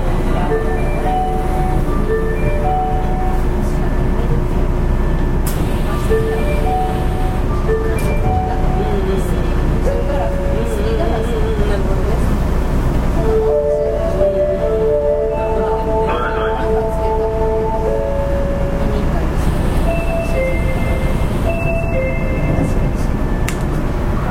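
An Osaka city subway 30000 series train runs with a steady, dense low rumble throughout. Tonal whines from the motors rise and fall in pitch, shifting several times, with a brighter sliding tone around fourteen to eighteen seconds and faint voices in the mix.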